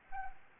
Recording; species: mosquito wingbeat signal from an infrared sensor; Anopheles arabiensis